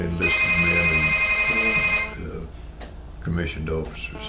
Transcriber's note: loud phone ringing ceases